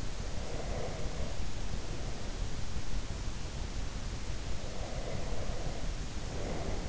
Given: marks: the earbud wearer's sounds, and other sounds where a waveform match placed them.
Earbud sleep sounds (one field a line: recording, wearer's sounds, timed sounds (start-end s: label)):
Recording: sounds in sleep by an in-ear microphone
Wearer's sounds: breath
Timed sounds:
0.24-2.16 s: breath
4.62-6.89 s: breath